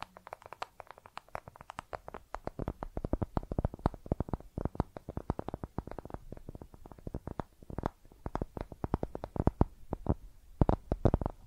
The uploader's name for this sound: Makeup Tapping & Scratching Sounds